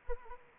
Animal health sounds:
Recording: mosquito wingbeat signal from an infrared sensor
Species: Anopheles arabiensis

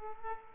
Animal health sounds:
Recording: mosquito wingbeat signal from an infrared sensor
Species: Aedes aegypti

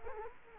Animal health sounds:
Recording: mosquito wingbeat signal from an infrared sensor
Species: Culex quinquefasciatus

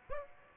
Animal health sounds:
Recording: mosquito wingbeat signal from an infrared sensor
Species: Aedes aegypti

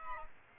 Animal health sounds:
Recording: mosquito wingbeat signal from an infrared sensor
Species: Aedes aegypti

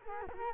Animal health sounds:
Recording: mosquito wingbeat signal from an infrared sensor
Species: Culex quinquefasciatus

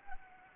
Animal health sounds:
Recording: mosquito wingbeat signal from an infrared sensor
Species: Anopheles arabiensis

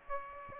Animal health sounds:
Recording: mosquito wingbeat signal from an infrared sensor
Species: Aedes aegypti

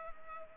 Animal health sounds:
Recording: mosquito wingbeat signal from an infrared sensor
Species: Culex pipiens

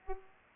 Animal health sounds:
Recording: mosquito wingbeat signal from an infrared sensor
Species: Culex pipiens

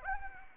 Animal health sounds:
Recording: mosquito wingbeat signal from an infrared sensor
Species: Anopheles arabiensis

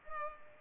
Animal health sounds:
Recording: mosquito wingbeat signal from an infrared sensor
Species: Culex pipiens

